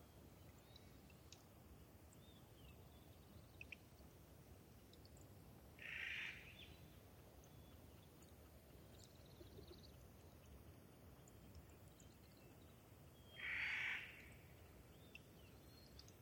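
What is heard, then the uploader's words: Thirtymile Meadows, a wet subalpine meadow, with a steady low rumble of wind underneath. Two short bursts of a bright, buzzy call stand out, near six seconds and again near fourteen, and faint chirps and ticks scatter through the quiet between them. Thirtymile Meadows is a wet, subalpine meadow high in the Okanogan National Forest. When I visited in the Summer of 2019 I was never certain where the next morning's dawn chorus would arrive from. Unfortunately, one of my microphones failed overnight, and I ended up with a lopsided recording.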